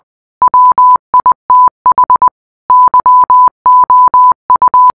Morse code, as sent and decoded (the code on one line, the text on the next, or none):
.-- .. - .... / -.-- --- ..-
WITH YOU